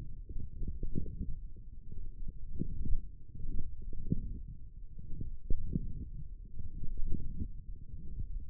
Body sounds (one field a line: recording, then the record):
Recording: forearm muscle sounds (acoustic myography)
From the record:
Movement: forearm supination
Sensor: system 1, eight BSWA MPA416 microphones around the upper forearm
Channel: 4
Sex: male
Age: 21 years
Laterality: right